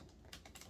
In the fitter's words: is super loose you know and it didn't really it didn't snap in completely so um